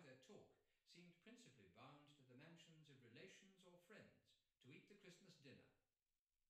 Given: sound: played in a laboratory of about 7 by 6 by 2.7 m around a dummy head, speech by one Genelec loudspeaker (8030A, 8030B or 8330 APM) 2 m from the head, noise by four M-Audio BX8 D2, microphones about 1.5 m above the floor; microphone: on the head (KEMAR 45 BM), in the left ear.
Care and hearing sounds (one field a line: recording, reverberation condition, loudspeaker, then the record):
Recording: male speech in English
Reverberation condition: medium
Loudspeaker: 30 degrees to the right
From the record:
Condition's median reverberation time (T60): about 510 ms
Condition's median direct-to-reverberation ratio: about -0.5 dB